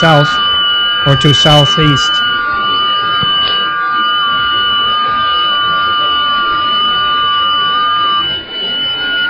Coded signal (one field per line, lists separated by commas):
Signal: FT8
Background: speech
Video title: 10m morning DX from Thailand